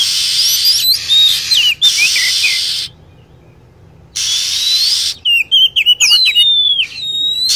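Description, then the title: Lovebird calls: harsh screeching with chirps, a brief quiet gap, more screeching, then a rapid string of shrill chirps and gliding whistles. Lure sound used for attracting lovebirds. "PIKAT BURUNG LOVEBIRD"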